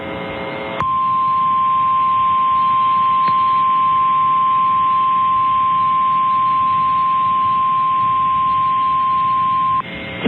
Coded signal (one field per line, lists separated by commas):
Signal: Emergency Alert System (SAME) tones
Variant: 1050 Hz attention tone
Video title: Severe Thunderstorm Warning (ND) (8/7/25) [EAS #243]